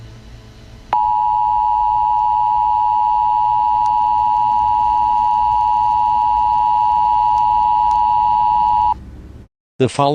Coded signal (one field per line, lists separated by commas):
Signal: Emergency Alert System (SAME) tones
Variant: 853 and 960 Hz attention tone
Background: speech